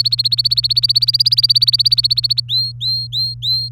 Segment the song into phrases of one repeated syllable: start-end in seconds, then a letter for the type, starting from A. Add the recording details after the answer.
0.00-2.40 A, 2.48-3.71 B. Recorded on 24 April 2018 at 17:24. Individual llb3